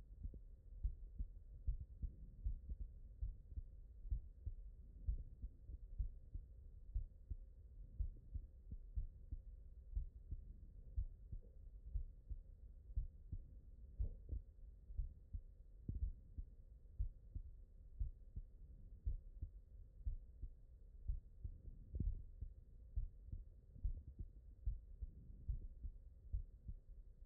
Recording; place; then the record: heart sounds by stethoscope; mitral valve (MV)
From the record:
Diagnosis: non-HFrEF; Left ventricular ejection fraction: 46%